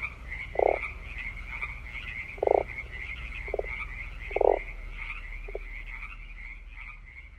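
Frog croaks: several short bursts roughly every one to two seconds over a continuous high background hum.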